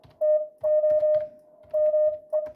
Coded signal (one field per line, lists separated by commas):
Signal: Morse code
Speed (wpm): 25 wpm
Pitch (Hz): 610 Hz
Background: none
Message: TO ME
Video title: #HamRadio Live 355. MFJ 464, Read AND Send CW While You Learn It! Plus Ham Radio Dude & Friends WOW!